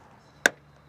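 An old plastic retaining clip on the rear door trim panel of a 1997-2004 Nissan Pathfinder is pried gently, with little pressure so the old plastic won't crack. It lets go with a single sharp snap at 0.5 s over a quiet background, and the clip pops out, releasing the panel.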